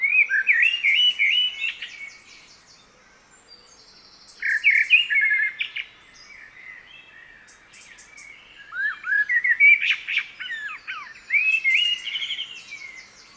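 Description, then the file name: Common blackbird delivering three warbled phrases separated by pauses, each made of fluty slurred notes and ending in scratchy high twitters. "Turdus merula"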